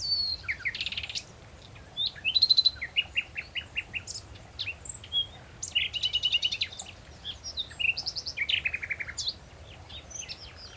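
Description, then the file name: Common nightingale delivering a long varied song: rapid trills, scratchy repeated notes and sudden loud whistled phrases, separated by brief pauses, with a faint low hum beneath. "Luscinia megarhynchos"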